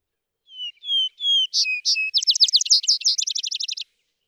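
Vesper sparrow song beginning with clear whistled notes, then buzzy doubled notes and an accelerating trill lasting over a second.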